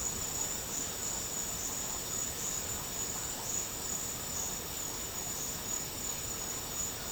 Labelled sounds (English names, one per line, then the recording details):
none
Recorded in dense forest near Puerto Asís, Putumayo, Colombia, on 12 March 2025 at 11:30
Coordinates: 0.467, -76.328
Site G041